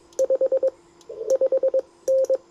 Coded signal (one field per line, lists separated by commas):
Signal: Morse code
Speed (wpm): 21 wpm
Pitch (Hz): 530 Hz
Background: none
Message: 55N